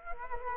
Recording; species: mosquito wingbeat signal from an infrared sensor; Culex quinquefasciatus